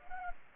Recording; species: mosquito wingbeat signal from an infrared sensor; Culex pipiens